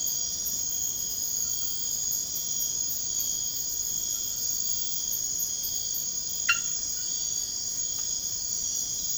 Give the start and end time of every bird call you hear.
6.45s-6.71s: bird call

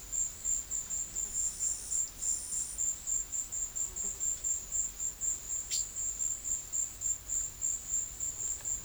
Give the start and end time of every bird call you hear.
5.66s-5.89s: bird call

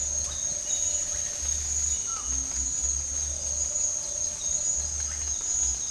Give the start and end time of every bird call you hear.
2.00s-2.34s: bird call

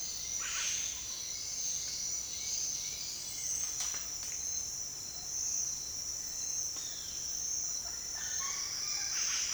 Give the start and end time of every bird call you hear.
8.00s-9.54s: bird call

